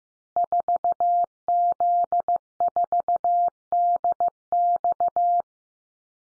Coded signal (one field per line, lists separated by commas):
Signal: Morse code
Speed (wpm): 15 wpm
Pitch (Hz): 700 Hz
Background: none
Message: 4Z4DX